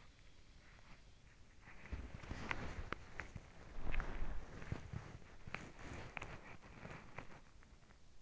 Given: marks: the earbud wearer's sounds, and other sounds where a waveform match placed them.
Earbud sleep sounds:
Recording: sounds in sleep by an in-ear microphone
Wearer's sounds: breath, body movement, teeth grinding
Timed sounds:
0.29-1.62 s: breath
1.71-8.22 s: body movement
2.45-4.17 s: teeth grinding
5.40-7.33 s: teeth grinding

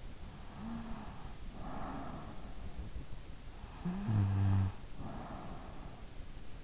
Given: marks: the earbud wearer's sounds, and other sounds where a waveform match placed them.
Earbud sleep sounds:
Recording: sounds in sleep by an in-ear microphone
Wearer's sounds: breath, snoring breath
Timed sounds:
0.36-2.93 s: breath
3.83-5.95 s: snoring breath

